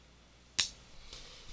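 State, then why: Seated. A magnetic needle minder, with a magnet on its back, is placed onto an embroidery hoop and snaps in place with a sharp, bright click at 0.6 s. A much fainter tap follows at about 1.1 s over quiet background. The magnet is seated on the hoop, ready to hold a needle.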